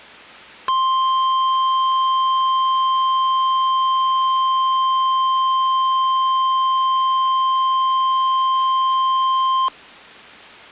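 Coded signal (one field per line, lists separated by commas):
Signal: Emergency Alert System (SAME) tones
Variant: 1050 Hz attention tone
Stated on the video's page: NOAA Weather Radio Required Weekly EAS Test, recorded off a Midland weather radio.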